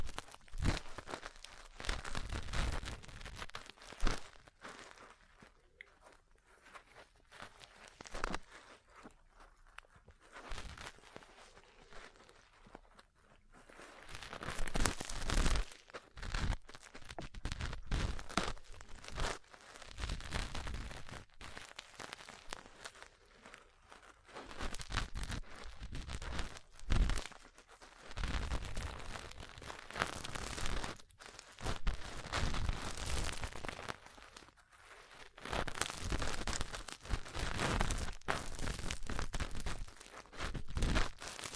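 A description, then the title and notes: Crackling ear-cleaning and massage sounds: rough scratching, crinkling and crunching rubs. The first fifteen seconds are sparser, with short bursts and quiet gaps, then the rubbing grows denser and more continuous, with brief pauses until the end. ASMR 3Dio Mic Test Ear Cleaning, Massage, Cupping, Tapping (No Talking).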